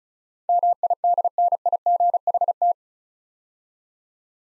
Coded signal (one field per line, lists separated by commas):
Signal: Morse code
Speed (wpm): 36 wpm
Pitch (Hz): 700 Hz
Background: none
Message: MIDNIGHT